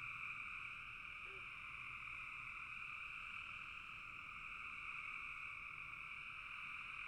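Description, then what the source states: Frog chorus forming a steady, shimmering buzz. Several frogs calling in a bog.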